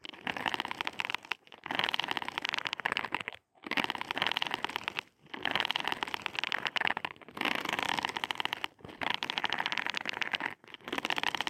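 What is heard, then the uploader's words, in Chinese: Earphone mic scratching: dense, crackly rubbing bursts of a second or two, separated by brief silences around 1.5, 3.5, 5, 7, 9 and 10.5 seconds. 刷刷耳麥 | LO-FI | Earphone Mic Scratching | NO Talking。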